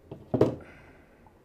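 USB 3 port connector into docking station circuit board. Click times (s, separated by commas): 0.3 s, 0.4 s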